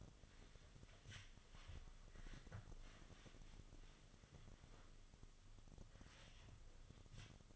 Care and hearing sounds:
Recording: daily activity, microphone in the room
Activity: wipe stove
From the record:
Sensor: 4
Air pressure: 1005.7 hPa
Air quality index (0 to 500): 101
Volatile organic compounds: 2 ppm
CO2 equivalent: 1253 ppm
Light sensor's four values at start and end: 12/27/10/10 and 11/26/10/10

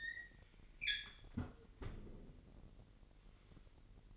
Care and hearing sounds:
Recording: daily activity, microphone in the room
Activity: close fridge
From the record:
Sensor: 4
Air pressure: 1002.7 hPa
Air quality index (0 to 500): 242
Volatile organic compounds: 17 ppm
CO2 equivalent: 2590 ppm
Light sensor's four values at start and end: 4/10/4/4 and 4/10/4/4

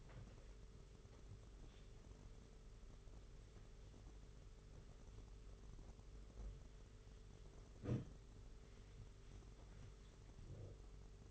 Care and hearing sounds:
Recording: daily activity, microphone in the room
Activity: wipe stove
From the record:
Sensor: 4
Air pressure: 992.2 hPa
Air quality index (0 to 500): 110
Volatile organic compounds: 19 ppm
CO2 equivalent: 2648 ppm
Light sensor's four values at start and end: 22/76/28/29 and 22/75/27/29

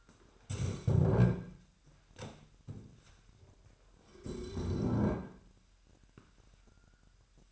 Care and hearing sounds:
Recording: daily activity, microphone in the room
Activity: stand up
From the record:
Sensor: 2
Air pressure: 998.4 hPa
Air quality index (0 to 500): 126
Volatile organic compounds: 3 ppm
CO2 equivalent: 1422 ppm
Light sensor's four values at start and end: 6/15/6/6 and 5/12/5/5

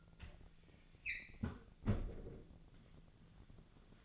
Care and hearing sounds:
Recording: daily activity, microphone in the room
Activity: close fridge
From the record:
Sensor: 4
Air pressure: 1000.9 hPa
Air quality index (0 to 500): 125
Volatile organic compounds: 1 ppm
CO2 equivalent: 939 ppm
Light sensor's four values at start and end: 29/69/29/32 and 32/77/32/35

